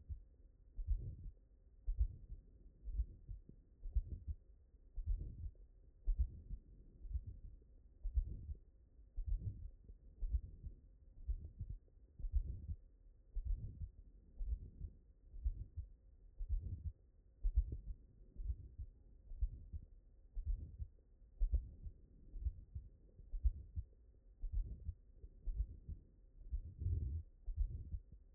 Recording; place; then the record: heart sounds by stethoscope; mitral valve (MV)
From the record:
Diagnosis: non-HFrEF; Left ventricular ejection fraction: 68%